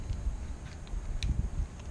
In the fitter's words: snaps right in like that and then this just